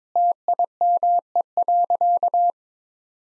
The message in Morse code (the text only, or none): TIME.